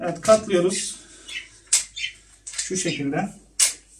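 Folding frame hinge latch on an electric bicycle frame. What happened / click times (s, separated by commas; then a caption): The frame hinge is being folded; the latch has not locked yet / none. Someone talks while folding the frame of an RKS Alfa Romeo R1 electric bicycle at its hinge and working the folding frame hinge latch. Sharp knocks are heard at about 1.7 s and 2.5 s between the talk. Nothing has seated or locked yet.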